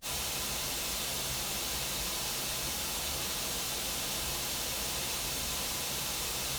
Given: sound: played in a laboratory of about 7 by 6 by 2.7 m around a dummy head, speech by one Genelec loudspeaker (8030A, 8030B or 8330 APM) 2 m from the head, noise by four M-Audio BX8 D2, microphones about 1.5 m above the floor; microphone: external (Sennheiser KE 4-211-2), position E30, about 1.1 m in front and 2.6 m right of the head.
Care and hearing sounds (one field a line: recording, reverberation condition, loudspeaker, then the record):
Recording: white noise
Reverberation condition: low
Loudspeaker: four, about 170 cm from the corners of the room and facing them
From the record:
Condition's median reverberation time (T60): about 310 ms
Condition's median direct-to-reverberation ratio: about 3.5 dB